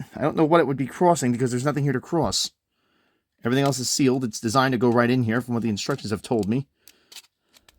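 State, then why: Seated. Someone talks, then, after a few faint taps, a custom ALCO RSC-2 model locomotive is set onto model railway track rails and its plastic trucks snap into place with a short click at 7.7 s. The locomotive is seated on the track.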